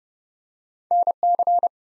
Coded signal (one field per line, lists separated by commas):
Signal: Morse code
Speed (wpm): 30 wpm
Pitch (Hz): 700 Hz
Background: none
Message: NC